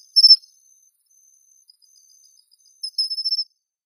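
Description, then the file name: Pine cricket giving two brief, high, ringing chirp bursts, one at the start and a longer pulsed one near the end, with silence between. "matsumushi"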